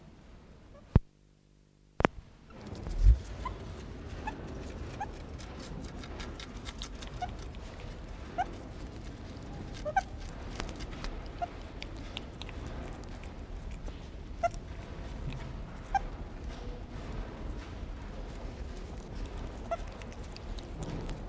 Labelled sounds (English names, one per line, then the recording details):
Broad-striped Malagasy Mongoose call
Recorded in captivity
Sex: pair
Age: adult
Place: Zoo Berlin, Berlin, DE
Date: 1960-01-16 15:00
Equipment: Reporter (Vollspur)
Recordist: Tembrock, Günter